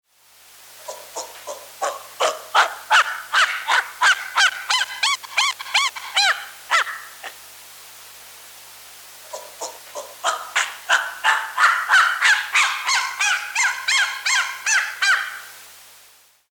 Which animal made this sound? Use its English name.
Chimpanzee